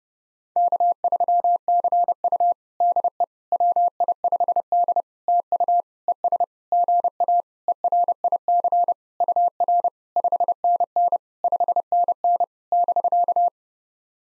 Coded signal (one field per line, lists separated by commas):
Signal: Morse code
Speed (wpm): 30 wpm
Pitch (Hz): 700 Hz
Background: none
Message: K3CU DE WI5D TU ES GA ERIC UR 5NN 5NN <BK>